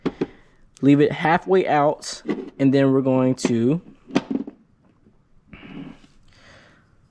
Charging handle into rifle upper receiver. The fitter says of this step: put it in here on the bottom make sure hear that click click